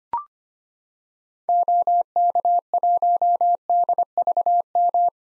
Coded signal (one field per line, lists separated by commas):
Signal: Morse code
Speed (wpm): 25 wpm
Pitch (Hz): 700 Hz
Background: none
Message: OK1DVM